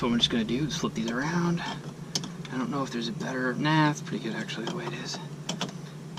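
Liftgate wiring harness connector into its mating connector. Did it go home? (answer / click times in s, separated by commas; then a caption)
yes / 5.5 s, 5.6 s. On a 2014 Ford Explorer power liftgate, two plastic wiring harness connector halves are flipped around and pushed together while someone talks. Two sharp clicks at 5.5 s and 5.6 s mark the connector snapping into its mating connector, seated.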